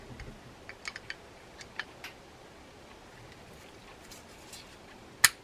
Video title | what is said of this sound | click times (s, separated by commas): Penn SpinFisher 650 SSM fishing reel how to take apart and service | you'll hear a nice snap for that. | 5.2 s